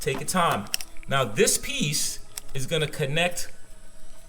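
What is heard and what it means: Someone talks while handling the plastic connector of a plug-and-play LED saddlebag light adapter, about to push it into the main wiring harness connector under the seat of a Road Glide motorcycle. Only speech and faint handling noise are heard, and the clip ends before the connector goes home, so nothing has seated or clicked yet.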